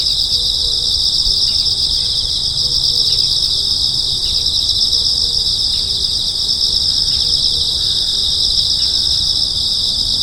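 Insect chorus of constant, high, rapidly pulsed trilling, unbroken from start to finish.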